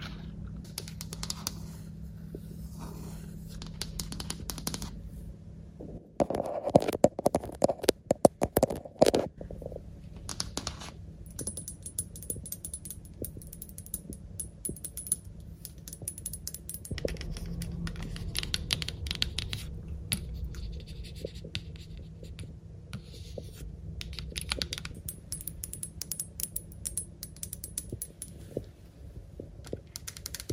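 Fingers tap and scratch at a lens in dense, irregular clicks, louder bursts around six to nine seconds, over a steady low hum.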